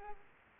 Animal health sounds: mosquito wingbeat signal from an infrared sensor; Culex pipiens

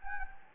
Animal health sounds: mosquito wingbeat signal from an infrared sensor; Anopheles gambiae

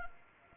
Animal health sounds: mosquito wingbeat signal from an infrared sensor; Anopheles arabiensis

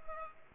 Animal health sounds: mosquito wingbeat signal from an infrared sensor; Culex pipiens

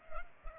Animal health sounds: mosquito wingbeat signal from an infrared sensor; Culex pipiens

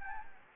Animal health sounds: mosquito wingbeat signal from an infrared sensor; Anopheles gambiae

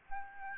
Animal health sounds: mosquito wingbeat signal from an infrared sensor; Aedes albopictus

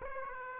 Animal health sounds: mosquito wingbeat signal from an infrared sensor; Aedes aegypti

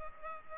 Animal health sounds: mosquito wingbeat signal from an infrared sensor; Culex pipiens

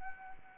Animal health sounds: mosquito wingbeat signal from an infrared sensor; Anopheles arabiensis

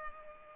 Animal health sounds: mosquito wingbeat signal from an infrared sensor; Culex pipiens

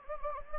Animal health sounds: mosquito wingbeat signal from an infrared sensor; Anopheles gambiae

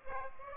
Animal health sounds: mosquito wingbeat signal from an infrared sensor; Aedes aegypti

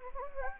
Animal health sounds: mosquito wingbeat signal from an infrared sensor; Anopheles gambiae

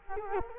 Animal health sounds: mosquito wingbeat signal from an infrared sensor; Culex quinquefasciatus

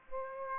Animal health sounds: mosquito wingbeat signal from an infrared sensor; Aedes aegypti

